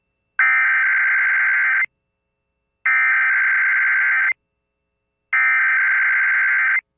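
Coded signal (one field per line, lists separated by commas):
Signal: Emergency Alert System (SAME) tones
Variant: header bursts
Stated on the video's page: Weekly test tones, a recreation credited to another producer's station products.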